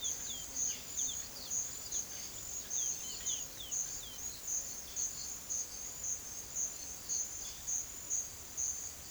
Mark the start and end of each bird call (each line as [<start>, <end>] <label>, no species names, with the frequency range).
[0.00, 4.26] bird call (2.5-5.1 kHz)
[7.39, 7.82] bird call (2.2-4.9 kHz)